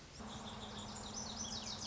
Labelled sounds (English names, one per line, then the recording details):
Lazuli Bunting
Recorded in Sonoma County, California